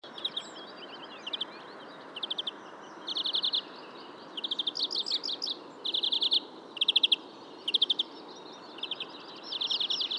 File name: Chloris chloris